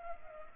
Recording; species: mosquito wingbeat signal from an infrared sensor; Culex pipiens